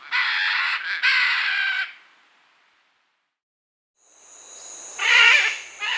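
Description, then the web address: Red-and-green macaw making loud, grating squawks, then a pause, followed by another rasping call alongside a steady high-pitched buzz. Bolivia and Peru. "Birds of the Amazon. Red-and-green Macaw (Ara chloroptera), Bolivia, Peru"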